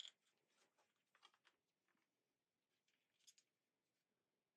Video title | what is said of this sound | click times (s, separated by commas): Super7 Dunkin' Don | it doesn't click and it doesn't sit in there very well come on Super 7 come on | none